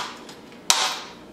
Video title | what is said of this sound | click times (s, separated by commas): Motorized Curtains Erod Review & Unboxing | it into the device and then you click it you twist it and they'll click into place and lock so | 0.7 s